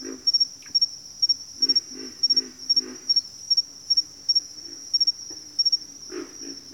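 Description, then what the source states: Pig frogs giving low, piggish grunts in quick runs, with a constant shrill insect chorus behind. Bayou habitat, several pig frogs.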